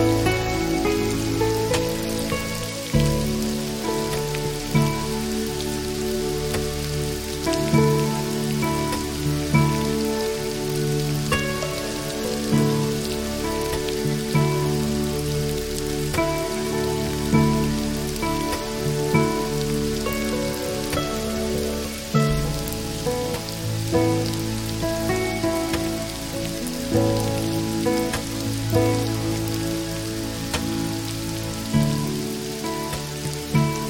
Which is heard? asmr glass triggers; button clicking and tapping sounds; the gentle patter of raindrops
the gentle patter of raindrops